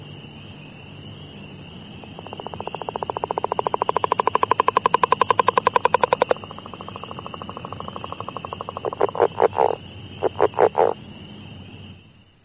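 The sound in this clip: Northern leopard frog giving a long pulsed snore that swells over several seconds, followed by short guttural chuckles, with a steady high whine behind.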